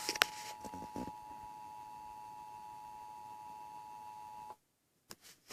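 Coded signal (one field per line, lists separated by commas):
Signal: Emergency Alert System (SAME) tones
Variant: 853 and 960 Hz attention tone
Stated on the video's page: Severe thunderstorm watch relayed on TV.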